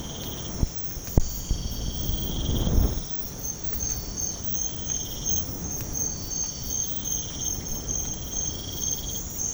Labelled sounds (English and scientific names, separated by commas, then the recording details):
none
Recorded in pastures near Puerto Asís, Putumayo, Colombia, on 19 March 2025 at 02:30
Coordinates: 0.505, -76.324
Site GP08